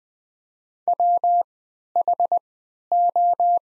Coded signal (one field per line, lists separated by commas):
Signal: Morse code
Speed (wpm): 20 wpm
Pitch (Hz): 700 Hz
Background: none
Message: WHO